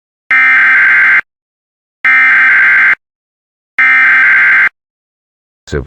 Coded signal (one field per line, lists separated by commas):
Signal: Emergency Alert System (SAME) tones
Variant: header bursts